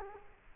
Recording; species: mosquito wingbeat signal from an infrared sensor; Culex quinquefasciatus